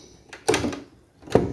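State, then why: Seated. The second metal retaining clip on a sewing machine shuttle race is latched the same way as the first. A faint tap at 0.3 s is followed by a sharp click at 0.5 s with a short rattling tail, and then another sharp click at 1.4 s. The clip is confirmed locked into place at 0.5 s.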